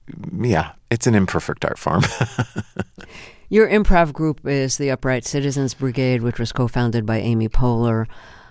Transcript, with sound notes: it's an imperfect art form (laughter).
Your improv group is the Upright Citizens Brigade, which was cofounded by Amy Poehler.